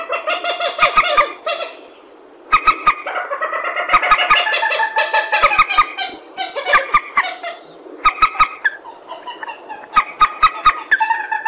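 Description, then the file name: Purple swamphen cackling in loud nasal bursts, broken by a brief pause, then rapid harsh chattering mixed with sharp clicks. "tieng trich re keu"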